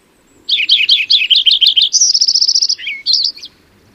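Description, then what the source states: Lincoln's sparrow singing a gurgling run of high notes that speeds into an even, higher trill, closing with a slurred note and a few quick high notes. Recorded in California.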